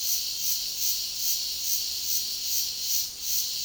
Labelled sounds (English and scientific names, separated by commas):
none